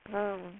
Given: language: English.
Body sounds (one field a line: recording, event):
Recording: throat vibration sensor signal played as sound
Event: speech